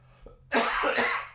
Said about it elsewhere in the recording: I've been waiting to cough forever. I turned all the way over away to do that too. I'm sick.